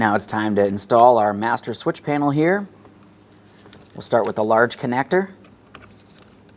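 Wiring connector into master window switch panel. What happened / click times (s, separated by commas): The large connector is being handled but has not clicked home yet / none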